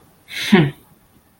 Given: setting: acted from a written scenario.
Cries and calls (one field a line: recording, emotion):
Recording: vocal sound without words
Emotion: contempt